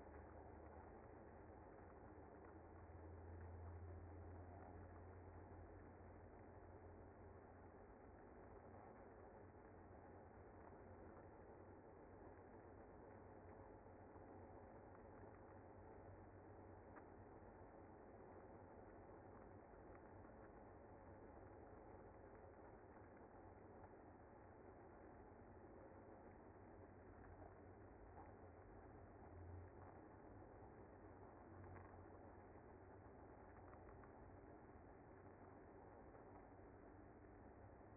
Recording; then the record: honeybee colony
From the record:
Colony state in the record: active